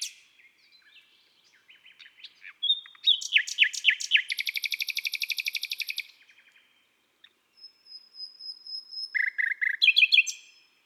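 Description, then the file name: Common nightingale song building from quiet clicks into a long fast buzzy trill, a thin sustained whistle, then loud repeated chattering notes. "Rossignol philomele Chants doiseaux des bois et des forets"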